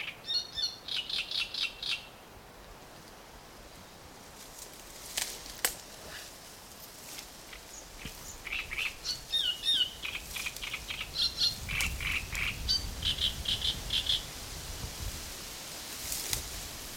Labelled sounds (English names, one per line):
Great Reed Warbler